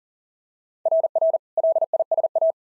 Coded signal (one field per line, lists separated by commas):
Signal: Morse code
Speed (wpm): 40 wpm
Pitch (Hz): 650 Hz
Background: none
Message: RR LISA